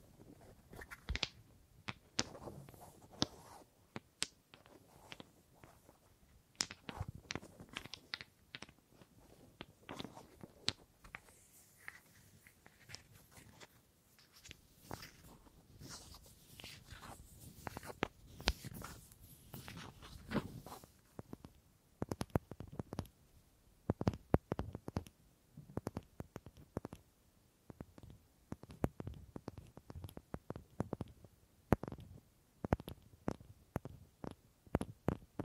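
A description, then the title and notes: Wooden objects are tapped, knocked and scraped. The sounds come as irregular bursts of crisp clicks and dull thuds, sometimes clustered, sometimes spaced out, with soft rustling and brief lulls between them throughout. ASMR Simply Relaxing Wood Triggers for Sleep New Mic Test Tascam Portacapture X8 (No Talking).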